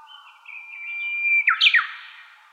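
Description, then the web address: Japanese bush warbler song: a long, steady whistled note swelling in volume, then an abrupt flourish of sharply falling slurred notes. Recorded 22 April 2013. "birdenaga uguisu S 130422"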